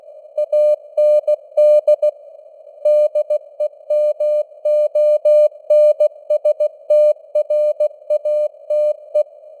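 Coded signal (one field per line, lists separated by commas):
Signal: Morse code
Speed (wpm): 16 wpm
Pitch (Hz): 600 Hz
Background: none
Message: AND DEMONSTRATE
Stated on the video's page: Simulated Morse news headlines at 16 wpm with simulated radio noise and varying signal strength (QSB).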